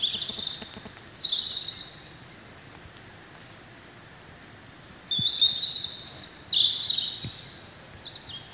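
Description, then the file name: European robin singing high, thin warbles in separate phrases, some early and more after a quiet stretch, notes sliding and trilling, with faint hiss behind. "Erithacus rubecula"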